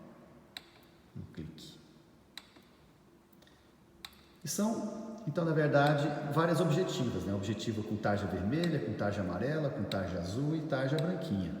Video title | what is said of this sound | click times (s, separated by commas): Microscopia Parte 5 | e dá de frente aqui para a iluminação aqui ela faz um clique né ó e porquê | 0.6 s, 2.4 s, 4.1 s